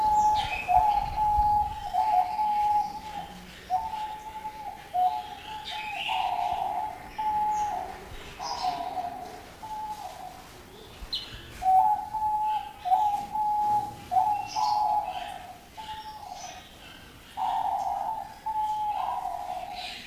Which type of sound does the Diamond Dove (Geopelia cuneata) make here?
song